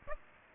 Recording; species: mosquito wingbeat signal from an infrared sensor; Aedes aegypti